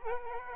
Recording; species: mosquito wingbeat signal from an infrared sensor; Aedes aegypti